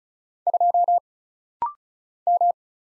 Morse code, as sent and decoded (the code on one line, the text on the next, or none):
..--- / --
2 M